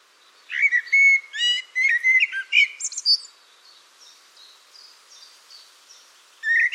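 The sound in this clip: Bird calling in a burst of quick whistled and buzzy notes for about two and a half seconds, followed by softer scattered high notes and a final loud chirp.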